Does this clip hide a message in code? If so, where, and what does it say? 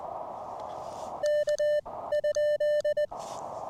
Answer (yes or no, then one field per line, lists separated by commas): yes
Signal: Morse code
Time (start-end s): 1.2-3.0 s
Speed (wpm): 20 wpm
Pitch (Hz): 1800 Hz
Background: none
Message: K ?